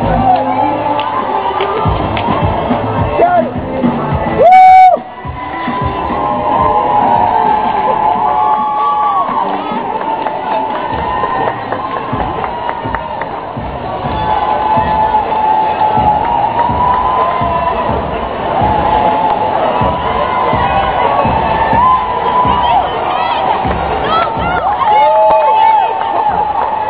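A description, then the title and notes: A crowd of people chatters and calls out over a steady hiss of misty rain, voices overlapping densely throughout. Around five seconds a sharp, piercing whistle cuts through, and scattered shouts and cheers rise and fall above the continuous murmur. NYC MARATHON 2017 - New York City FUN Moments. 55 degrees, misty rain, and some typically odd people watching & participating.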